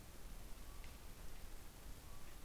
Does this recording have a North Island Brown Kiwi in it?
no